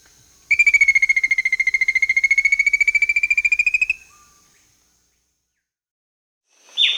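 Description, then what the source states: Rufous-capped antthrush song: a rapid, even trill of hollow notes lasting about three and a half seconds, holding nearly steady in pitch. South America.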